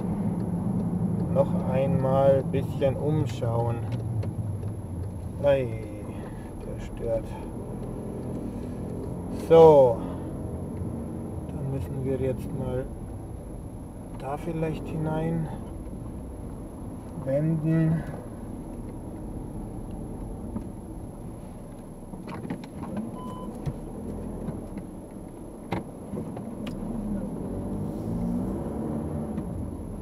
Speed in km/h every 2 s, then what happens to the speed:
32, 21, 9, 13, 17, 14, 11, 11, 10, 12, 0, 6, 0, 15, 8.
0-4 brakes to 9. 4-8 speeds up to 17. 8-11 slows to 11. 11-18 steady at about 11. 18-20 brakes to 0. 20-26 pulls away to 15. 26-30 slows to 8.